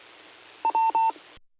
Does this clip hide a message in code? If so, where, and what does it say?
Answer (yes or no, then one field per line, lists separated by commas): no